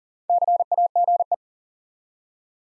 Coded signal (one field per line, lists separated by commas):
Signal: Morse code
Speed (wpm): 39 wpm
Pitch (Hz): 700 Hz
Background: none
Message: CAGE